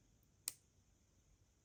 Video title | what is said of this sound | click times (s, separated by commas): Making an Easy Necklace Using the Dark Night Best Bead Box Treasure Edition from @Potomacbeadco | you can hear that lock into place with the jump ring then let's go ahead | 0.5 s